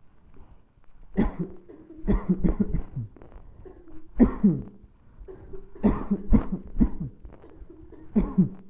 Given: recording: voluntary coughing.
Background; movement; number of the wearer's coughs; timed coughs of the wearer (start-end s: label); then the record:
a bystander coughing; sitting; 9
1.16-1.55 s: cough
2.06-2.42 s: cough
2.43-2.69 s: cough
2.69-3.17 s: cough
4.17-4.73 s: cough
5.82-6.24 s: cough
6.31-6.71 s: cough
6.79-7.10 s: cough
8.13-8.56 s: cough
From the record:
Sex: male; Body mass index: 20.5 kg/m2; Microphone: on the chest, facing the body